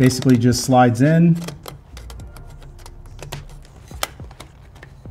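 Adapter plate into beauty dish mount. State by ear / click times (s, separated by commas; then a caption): seated / 4.0 s. Someone talks while a small switch adapter plate, a light modifier adapter, is slid into a beauty dish mount over background music, followed by light clicks and taps as the latch is worked. A sharp click at 4.0 s marks the latch catching, and the plate is seated and holds.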